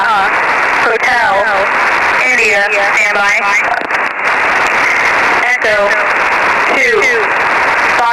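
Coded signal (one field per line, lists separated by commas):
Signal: coded military voice message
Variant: Emergency Action Message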